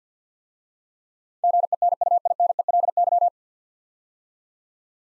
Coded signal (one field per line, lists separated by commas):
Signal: Morse code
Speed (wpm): 50 wpm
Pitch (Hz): 700 Hz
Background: none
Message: GENUINELY